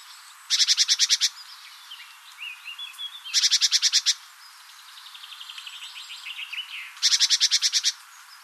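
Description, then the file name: Great tit scolding in fast rattled bursts, three runs of about eight rapid notes, with quieter twittering and scattered chirps filling the gaps between them. "Parus major"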